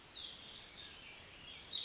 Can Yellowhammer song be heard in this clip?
no